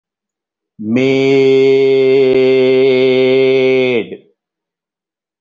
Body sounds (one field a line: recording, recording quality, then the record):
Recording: sustained vowel as in made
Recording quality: excellent, no background noise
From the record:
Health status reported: healthy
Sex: male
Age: 50 years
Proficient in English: yes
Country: India